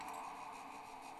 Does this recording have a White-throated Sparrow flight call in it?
no